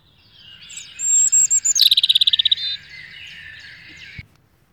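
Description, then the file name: European robin phrase: a thin high whistle leading into a fast, even trill. "Rouge gorge"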